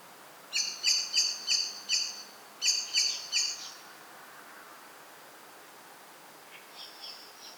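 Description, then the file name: Common blackbird giving a run of five crisp chink notes, then three more, followed by a few faint high notes. "Turdus merula"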